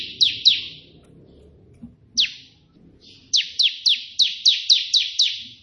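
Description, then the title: Prinia song: sharp high notes sweeping down, given in a quick burst of three, a lone note, then a run of about eight evenly spaced notes. Three 'tembakan' song variations of the white prenjak, suitable as tutoring audio for pet prinias. "3 VARIASI TEMBAKAN prenjak putih"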